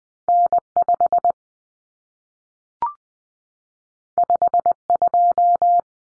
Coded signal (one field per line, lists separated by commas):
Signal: Morse code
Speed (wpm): 20 wpm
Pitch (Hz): 700 Hz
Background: none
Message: N5 52